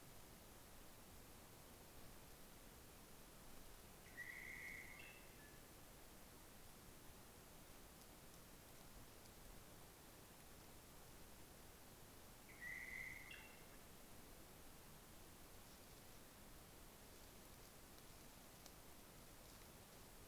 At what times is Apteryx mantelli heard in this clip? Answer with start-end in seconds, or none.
none